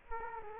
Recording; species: mosquito wingbeat signal from an infrared sensor; Culex quinquefasciatus